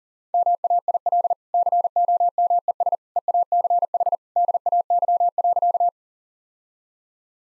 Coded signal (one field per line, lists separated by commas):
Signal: Morse code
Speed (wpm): 37 wpm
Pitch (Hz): 700 Hz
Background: none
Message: MAIL COMES EACH DAY.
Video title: Easy Sentences with Hints - 40wpm